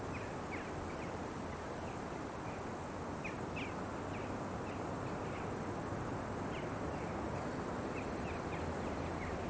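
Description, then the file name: Cricket trill in a constant high shimmer over low wind noise. With wind. "Silencyo CC Crickets Swifts Wind"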